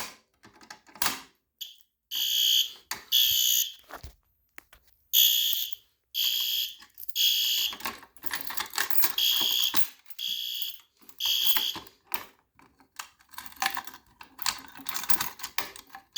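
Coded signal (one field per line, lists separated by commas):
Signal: alarm pattern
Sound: harsh electronic horn blaring in repeated half-second bursts, with clicks between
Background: small room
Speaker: All right, now let's go on the fire alarm on low.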